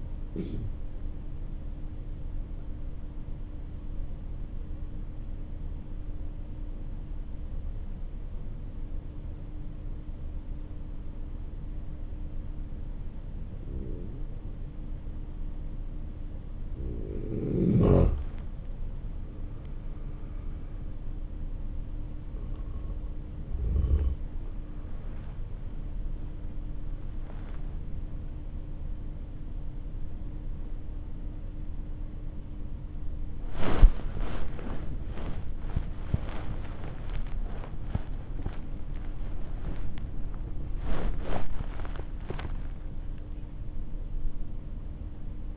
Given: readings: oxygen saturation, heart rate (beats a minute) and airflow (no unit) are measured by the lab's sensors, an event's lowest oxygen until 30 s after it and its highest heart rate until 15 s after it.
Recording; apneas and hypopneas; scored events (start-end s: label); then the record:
breathing in sleep by a smartphone at the bedside; 1
4.00-16.00 s: obstructive apnea (N2, oxygen 94% highest, then 92% lowest)
42.00-45.57 s: new sleep stage, N1 (lightest sleep)
From the record:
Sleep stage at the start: N2 (light sleep); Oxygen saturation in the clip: 92 to 95%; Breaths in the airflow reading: 7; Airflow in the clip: -12.9 to 12.8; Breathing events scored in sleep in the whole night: 304 in 5.6 hours asleep